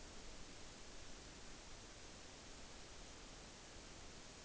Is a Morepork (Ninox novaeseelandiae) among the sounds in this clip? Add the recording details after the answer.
no. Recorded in New Zealand on 9 October 2013. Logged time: 17:00. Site Ponui